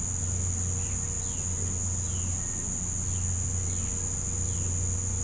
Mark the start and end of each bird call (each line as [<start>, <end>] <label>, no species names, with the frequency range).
[1.09, 4.68] bird call (1.6-4.7 kHz)